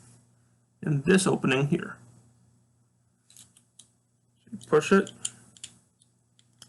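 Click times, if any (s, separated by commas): 5.6 s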